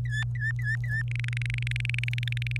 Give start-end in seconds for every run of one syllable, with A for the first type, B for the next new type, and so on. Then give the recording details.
0.05-1.02 A, 1.08-2.57 B. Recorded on 27 April 2018 at 07:41. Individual llb3